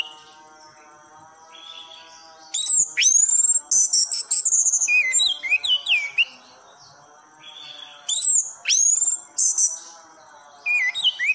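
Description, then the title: Thrush song of clear whistles, sweeping slurs and high sharp notes, delivered in bursts between quiet gaps, over a continuous low droning tone. Anis (thrush) singing in the 'gacor teler' style, used as masteran for training other songbirds. "anis gacor teler"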